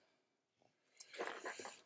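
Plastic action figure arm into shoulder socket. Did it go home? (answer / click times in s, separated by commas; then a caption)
no / none. A plastic action-figure arm is handled and pushed toward the figure's shoulder socket: quiet at first, a few soft taps near 0.6 s, a brief sharp tap at about 1.0 s, then louder rubbing and scraping handling noise to the end. The arm has not seated or clicked into the socket yet.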